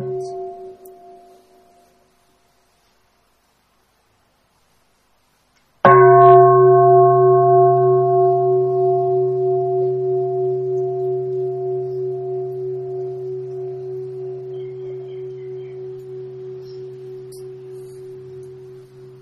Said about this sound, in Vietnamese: cho nên phải rất là nhẹ nhàng, rất là lễ phép với tiếng chuông. Vì vậy con đường là con đường parabol, con đường nó như vậy. Nó giúp cho cái âm thanh ở trong cái chuông nó đi lên như một con chim bồ câu trắng, rất là đẹp.